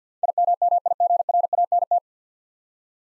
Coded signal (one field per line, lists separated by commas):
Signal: Morse code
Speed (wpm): 47 wpm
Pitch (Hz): 700 Hz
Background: none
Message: IMMIGRANT